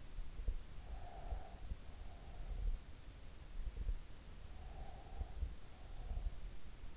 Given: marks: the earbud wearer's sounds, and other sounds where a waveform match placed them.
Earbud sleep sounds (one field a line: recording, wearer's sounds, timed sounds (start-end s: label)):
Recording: sounds in sleep by an in-ear microphone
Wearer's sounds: breath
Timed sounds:
0.50-2.34 s: breath
4.27-5.97 s: breath